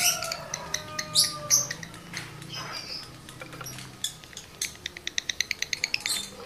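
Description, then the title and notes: Lovebird chattering song: shrill squeaky chirps and short whistles, then a rapid even run of sharp clicking notes near the end. Male lovebird in breeding condition; the song is used as a lure to prompt other lovebirds to sing. "Birahi Lovebird Jantan ke Gacor. Pancingan Suara Lovebird jantan birahi ini sangat manjur untuk burung Lovebird Anda"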